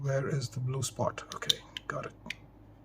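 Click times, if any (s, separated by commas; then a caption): none. Someone talks while lining up a second plastic lens guard by its blue spot and handling it against the other lens of an Insta360 X4 8K 360 camera body, with a few light taps and clicks of handling. The clip ends before the guard goes on, so nothing has seated or clicked yet.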